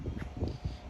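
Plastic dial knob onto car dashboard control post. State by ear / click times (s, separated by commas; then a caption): not seated / none. A replacement plastic dial knob is pushed onto its control post on a car dashboard, with low rumbling and soft handling noises and faint thumps around 0.2 and 0.45 seconds. The knob goes on tighter than before but has not clicked into place.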